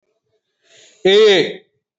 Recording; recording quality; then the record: sustained vowel as in made; excellent, no background noise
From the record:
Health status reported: healthy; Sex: male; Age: 56 years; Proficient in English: yes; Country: India